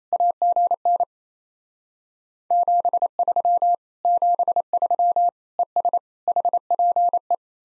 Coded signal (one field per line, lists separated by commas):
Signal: Morse code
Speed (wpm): 38 wpm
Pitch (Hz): 700 Hz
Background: none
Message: AGN 73 73 ES HPE